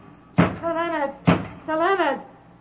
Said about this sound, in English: Open this door. Who knocks?